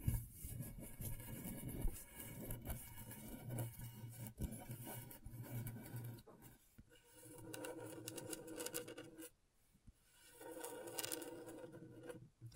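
A tool scrapes and scratches across scratchboard in dense, gritty strokes, with a low steady hum under the first half. Short gaps break the scraping near six and a half, nine and a half, and twelve seconds before it resumes, rough and rasping.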